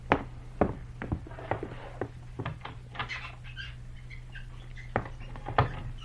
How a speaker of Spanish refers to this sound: Hay ratones, señora, un nido de ratones.